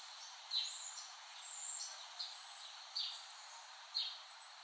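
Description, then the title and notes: Cicadas drone loudly and continuously, punctuated by sharp rasping bursts roughly once per second over the hissing background. Cicadas, recorded by Dan Bodah in West Brighton, Staten Island, late summer 2008. "Dronecast. The Cicadas of Summer. Recording of cicadas made by Dan Bodah in West Brighton, Staten Island, late summer 2008"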